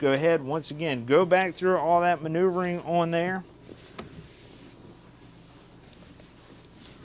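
Someone talks while the driver's swivel captain chair in the cab of a 2025 Open Road Allegro 36LA motorhome is rotated back around through its maneuvering. Brief knocks are heard, including a sharp one near 4.0 s. Nothing has seated or clicked yet, and the swivel seat is not yet locked into position.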